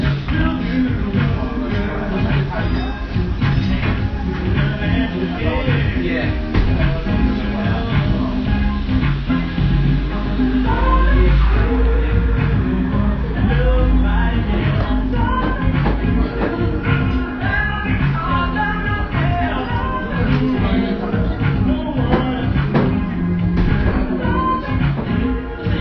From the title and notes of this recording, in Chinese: BBB这一家墨尔本咖啡馆。